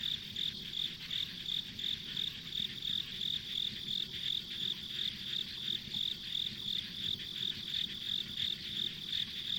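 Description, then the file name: Insects chirping in even high pulses, around three a second, layered on a constant insect hum with soft low rumble. Ambient insect sounds on a rural country road. "田舎道の虫の環境音"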